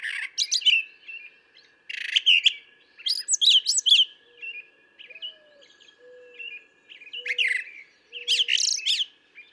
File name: Brown Thrasher